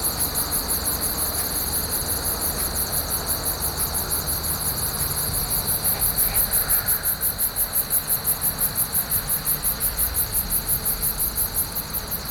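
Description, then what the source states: Crickets chirping, many insects in a dense, very high pulsing chorus repeated nearly four times a second, with a steady high hum beneath and a brief soft swell midway. Many crickets, outdoors.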